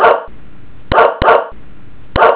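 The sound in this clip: Dog barking, four short sharp barks, the middle two close together, spread over two and a half seconds.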